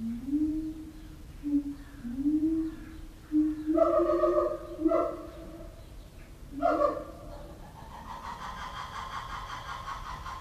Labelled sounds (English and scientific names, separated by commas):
Siamang (Symphalangus syndactylus) call